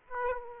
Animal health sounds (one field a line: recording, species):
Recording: mosquito wingbeat signal from an infrared sensor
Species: Aedes aegypti